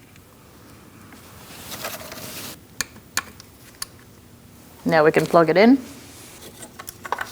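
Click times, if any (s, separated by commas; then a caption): 7.1 s. On a 2000–2006 Mini Cooper, the wiring harness's electrical connector is pushed onto a newly installed camshaft position sensor that has been torqued to 72 inch-pounds. Sharp ticks sound around 2.8–3.8 seconds, then someone talks. The connector clicks and seats at about 7.1 seconds, locking in place.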